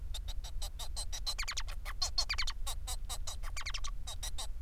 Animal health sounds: song of a male Bengalese finch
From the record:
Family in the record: son of father 4

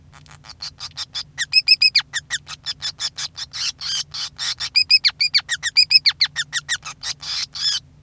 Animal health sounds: song of a male Bengalese finch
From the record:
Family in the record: son of father 5

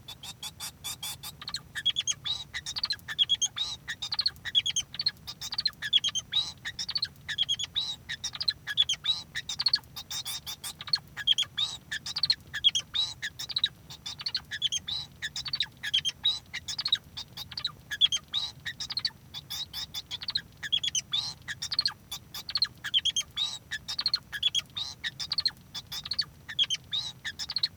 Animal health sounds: song of a male Bengalese finch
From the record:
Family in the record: son of father 2

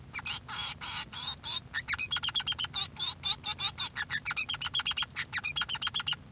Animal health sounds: song of a male Bengalese finch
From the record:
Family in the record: son of father 3

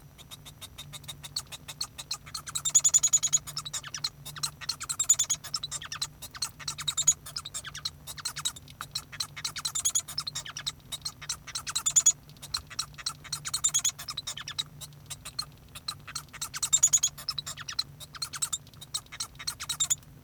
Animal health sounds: song of a male Bengalese finch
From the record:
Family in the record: son of father 1

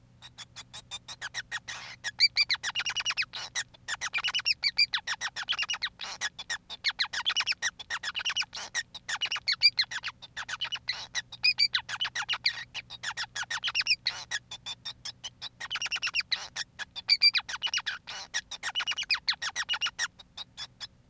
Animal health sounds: song of a male Bengalese finch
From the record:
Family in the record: son of father 5

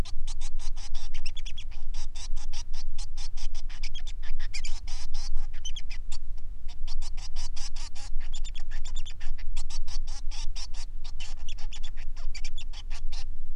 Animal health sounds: song of a male Bengalese finch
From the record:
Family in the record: son of father 3

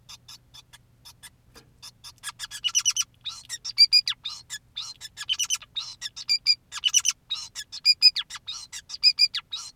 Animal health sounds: song of a male Bengalese finch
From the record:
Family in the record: son of father 2, and himself father 5

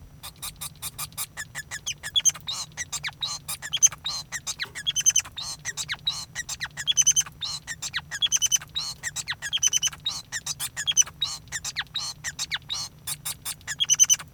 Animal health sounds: song of a male Bengalese finch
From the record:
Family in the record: son of father 5

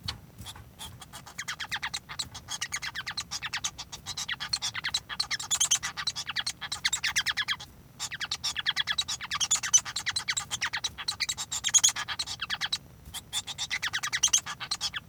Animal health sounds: song of a male Bengalese finch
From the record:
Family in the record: son of father 1

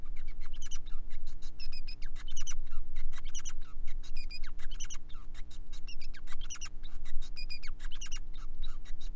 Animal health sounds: song of a male Bengalese finch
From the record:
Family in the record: son of father 5

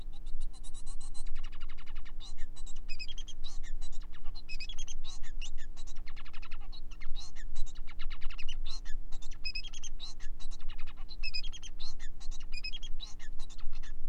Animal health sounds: song of a male Bengalese finch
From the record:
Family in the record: son of father 4

